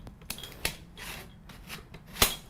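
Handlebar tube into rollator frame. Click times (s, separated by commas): 0.7 s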